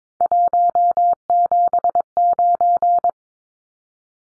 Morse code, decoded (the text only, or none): 179